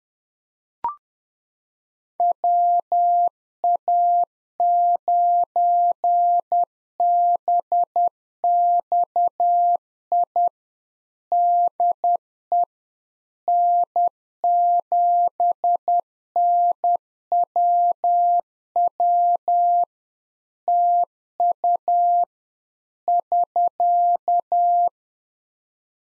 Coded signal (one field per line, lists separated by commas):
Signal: Morse code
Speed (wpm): 10 wpm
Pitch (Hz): 700 Hz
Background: none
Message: WA9BXI DE N7NWW TU <SK>